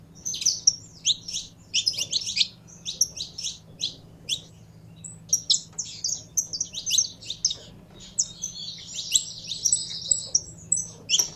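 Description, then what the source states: Belgian canary song: rapid high chirps and trills in quick bursts, with brief pauses and a longer buzzy rolling phrase near the end, over a faint low hum. Pure-bred Belgian canary singing.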